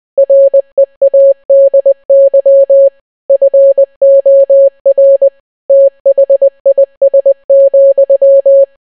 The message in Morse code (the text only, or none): READY FOR THIS,